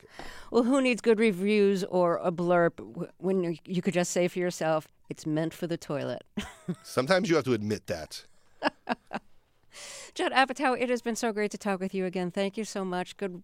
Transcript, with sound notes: Well, who needs good reviews or a blurb when you could just say for yourself, it's meant for the toilet? (Laughter).
Sometimes you have to admit that.
(Laughter) Judd Apatow, it has been so great to talk with you again. Thank you so much.